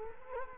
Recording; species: mosquito wingbeat signal from an infrared sensor; Culex quinquefasciatus